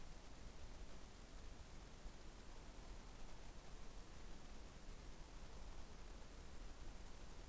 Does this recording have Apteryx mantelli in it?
no